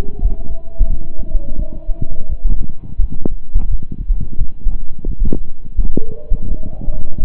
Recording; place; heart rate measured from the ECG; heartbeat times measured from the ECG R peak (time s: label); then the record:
heart sounds by stethoscope; between the tricuspid and mitral areas; 86 bpm
0.20 s: heartbeat
0.87 s: heartbeat
1.56 s: heartbeat
2.27 s: heartbeat
2.98 s: heartbeat
3.68 s: heartbeat
4.35 s: heartbeat
5.03 s: heartbeat
5.74 s: heartbeat
6.46 s: heartbeat
7.17 s: heartbeat
From the record:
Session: slow and fast walking with breaks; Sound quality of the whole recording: saturated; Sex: male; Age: 25 years